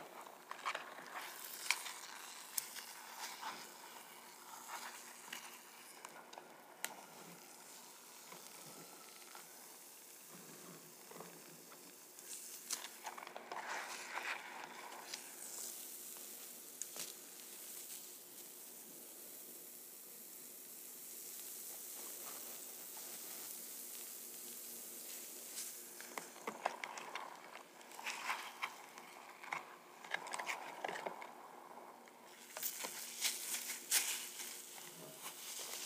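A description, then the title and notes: Soapy, sudsy sounds crackle and hiss, a dense fizz of tiny bubble pops with no deep tones. Brighter squishy bursts of lather stand out around 2, 7, 11, 14, 27 and 33 seconds, against a faint steady hum. ASMR Soapy Sounds. Soapy and sudsy sounds.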